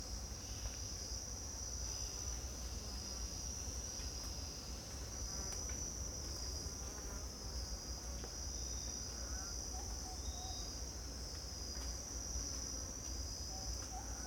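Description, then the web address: Insects droning in a constant high, shrill chorus, with several brief faint bird calls scattered through and a low steady rumble beneath. Morning insect chorus in Costa Rica rainforest jungle with distant bird calls, spaced AB pair of CMC 6 microphones. "GDC 2019-Game Audio Bundle Pole Position - Costa Rica Jungle Rainforest Jungle,Costa Rica,Morning,Insect Bed,Distant Bird Calls"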